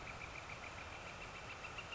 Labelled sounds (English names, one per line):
Northern Flicker